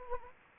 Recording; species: mosquito wingbeat signal from an infrared sensor; Anopheles gambiae